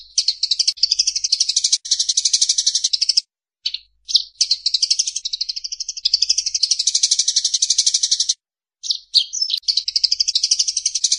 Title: Suara Kolibri Ninja Pilihan MERDU, JELAS DAN LANTANG Cocok Dijadikan Masteran Burung Anda